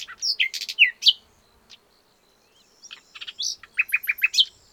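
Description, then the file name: Common nightingale delivering high varied phrases, slurred whistles and dry ticking notes, a brief pause, then a fast series of repeated notes. "Luscinia megarhynchos"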